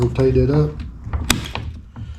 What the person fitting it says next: locks into place and you're ready to go